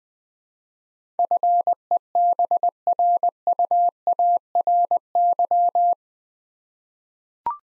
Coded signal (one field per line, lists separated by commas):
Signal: Morse code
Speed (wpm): 20 wpm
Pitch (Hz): 700 Hz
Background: none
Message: FEBRUARY